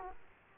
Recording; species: mosquito wingbeat signal from an infrared sensor; Aedes aegypti